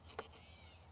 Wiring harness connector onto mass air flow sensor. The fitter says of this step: You want to make sure that when you put it on, it snaps into place